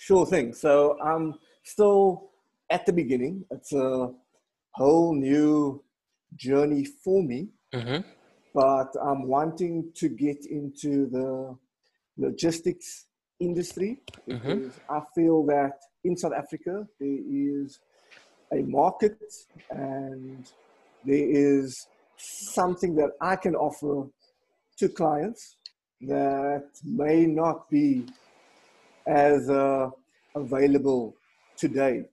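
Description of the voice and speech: Adult male speech with stretched words, held stops and frequent pauses: mild stuttering in a largely fluent speaker who has stuttered for almost all of his life and has spent a couple of years in a program run by people who stutter.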